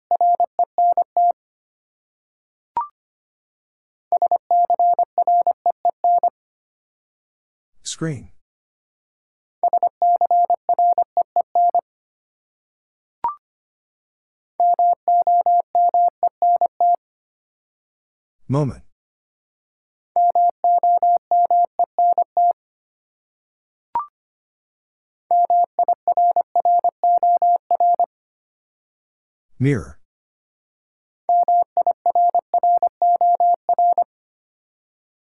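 A word is sent in Morse code as a steady mid-pitched beep, keyed on and off in quick bursts of dots and dashes. The same pattern repeats about every eleven seconds, with a short tick and a sharp, swooping click between the groups of beeps.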